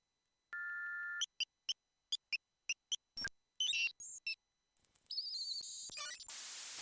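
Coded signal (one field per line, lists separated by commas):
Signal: dial-up modem handshake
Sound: steady dial tone, about 8 quick dialing beeps, answer tone, warbling tones, then loud hiss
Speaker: once connected our prediction can be verified by examining the details of that ajax call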